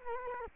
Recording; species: mosquito wingbeat signal from an infrared sensor; Culex quinquefasciatus